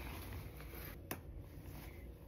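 The fastener on the second corner of a comforter is locked into its zippered, washable cover. A single sharp snap sounds at 1.1 s over a low, steady background. The corner fastener snaps shut and seats, leaving both sides locked.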